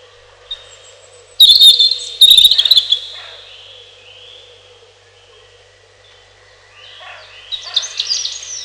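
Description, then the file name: European robin: two loud, quick bursts of high twittering, a quiet spell, then thin rising whistled notes, over a faint continuous low hum. "малиновка"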